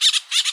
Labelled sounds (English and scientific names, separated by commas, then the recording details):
Brown-throated Parakeet (Eupsittula pertinax) contact call
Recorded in Bonaire
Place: just S of turnoff to Cai, near Lac Bay
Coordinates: 12.126, -68.239